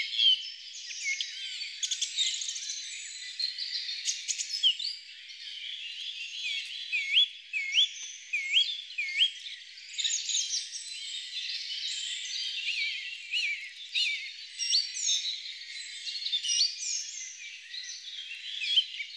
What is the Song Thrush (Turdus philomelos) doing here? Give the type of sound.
song